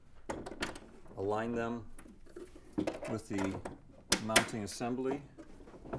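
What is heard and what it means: A mounting bracket is pulled out and lined up with the mounting assembly on the side of a Unetixs Multilab 2CP R vascular testing unit, a medical diagnostic unit, while someone talks. Brief handling knocks are heard near 0.3 to 0.8 seconds and again at 2.9 seconds. The clip ends before the bracket goes home, so nothing has seated or clicked yet.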